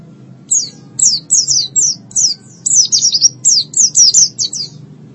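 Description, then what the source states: White-eye song: a quick run of high, thin downslurred notes, several per second, over a faint low hum. Long-duration white-eye song.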